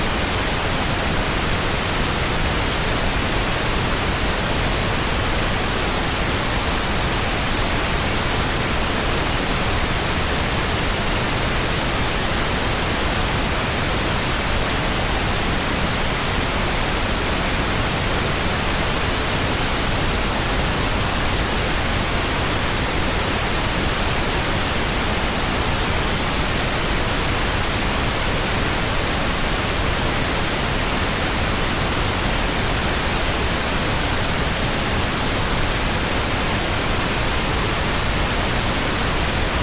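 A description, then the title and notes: Pink noise plays steadily for the whole stretch, a dense, even hiss with no breaks or events. It leans fuller and softer than pure static, with a warm low rush under the bright top, and its loudness stays flat from start to finish. The soothing sound of pink noise.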